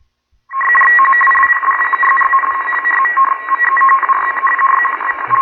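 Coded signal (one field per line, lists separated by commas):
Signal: RTTY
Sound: continuous rapid warbling between two tones, a typical teletype burble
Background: radio static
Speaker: there's definitely of course a uh a radio telet type I don't know if anybody has ever decoded this one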